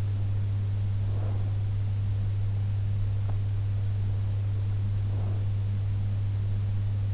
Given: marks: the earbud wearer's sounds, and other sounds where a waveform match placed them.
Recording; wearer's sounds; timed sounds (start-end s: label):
sounds in sleep by an in-ear microphone; breath
0.97-1.74 s: breath
4.96-5.67 s: breath